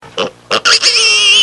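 Piglet squealing: two short grunting squeaks, then a loud, sustained, high-pitched squeal lasting nearly a second.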